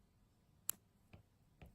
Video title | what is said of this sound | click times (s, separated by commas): Honor Magic Watch Replacement Bands Straps | heard the click it's it | 0.7 s